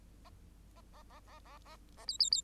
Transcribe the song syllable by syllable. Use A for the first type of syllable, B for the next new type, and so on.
A A A A A A A B B B